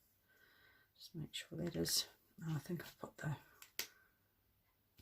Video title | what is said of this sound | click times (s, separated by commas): Stampin' Up! Night of Flight Hello Card | Oh, that clicked on better, that must be right. | 3.8 s